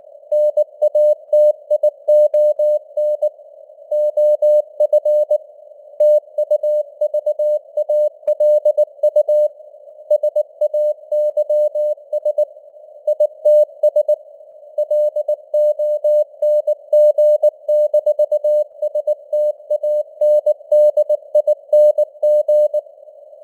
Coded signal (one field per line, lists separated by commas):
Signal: Morse code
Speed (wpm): 19 wpm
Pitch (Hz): 600 Hz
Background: none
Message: NATION OF TUVALU SAYS ITS LONG-STANDING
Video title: Morse Code News | 2025-11-18 | 19wpm